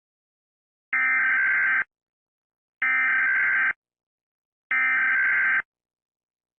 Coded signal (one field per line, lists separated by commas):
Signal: Emergency Alert System (SAME) tones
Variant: header bursts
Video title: EAS Scenario #1:Tornado Apocalypse